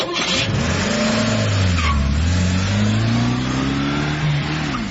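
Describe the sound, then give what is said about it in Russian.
The car carrying Lord Peter Wimsey and his servant revs and pulls away. Its low droning pitch rises and falls through gear changes, with a steady, loud hum throughout and no voices. “Лорд Питер Уимзи и его слуга погрузились в машину и уже в 4 часа дня сидели в приходе святого Павла на слушании дела.”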